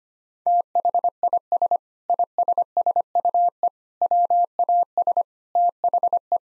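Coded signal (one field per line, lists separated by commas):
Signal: Morse code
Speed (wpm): 25 wpm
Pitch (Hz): 700 Hz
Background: none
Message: THIS ISSUE WAS THE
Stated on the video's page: Morse code practice at 25 wpm: sentences built from common seven-word phrases, each sent, then spoken, then sent again, for head-copy training.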